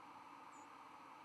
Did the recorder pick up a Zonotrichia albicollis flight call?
no